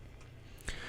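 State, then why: Seated. A RAM stick is pressed down into a motherboard DIMM slot until the side tabs push inward. A sharp click sounds at 0.6 s over a low background hum, and the stick is seated.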